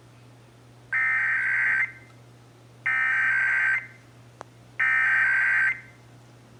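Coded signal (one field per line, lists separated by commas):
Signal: Emergency Alert System (SAME) tones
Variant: header bursts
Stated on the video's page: Texas required monthly test heard on several radio and television stations.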